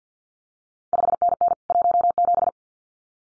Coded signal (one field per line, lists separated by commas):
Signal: Morse code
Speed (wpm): 50 wpm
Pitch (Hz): 700 Hz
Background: none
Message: 5NN 17